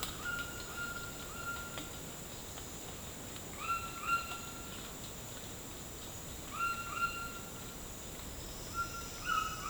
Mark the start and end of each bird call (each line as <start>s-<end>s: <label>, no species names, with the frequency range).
0.00s-2.08s: bird call (0.6-4.2 kHz)
3.54s-4.76s: bird call (0.6-4.5 kHz)
6.46s-7.61s: bird call (0.9-4.3 kHz)
8.57s-9.70s: bird call (0.8-4.5 kHz)